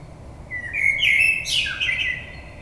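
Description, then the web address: Common blackbird song, a rich warbled phrase that slides and wavers, broken by a sharp high squeaky burst in the middle, ending in fluty notes. Recorded 22 May 2022. "oiseaux Merle 2022 05 22"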